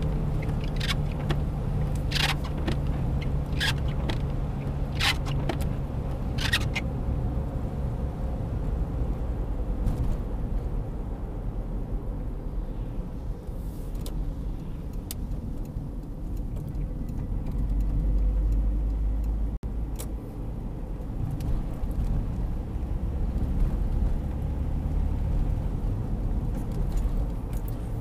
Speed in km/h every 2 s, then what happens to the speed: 82, 80, 77, 75, 68, 57, 45, 38, 36, 38, 46, 53, 57, 61.
0-15 slows to 36. 15-28 speeds up to 61.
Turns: 11-18.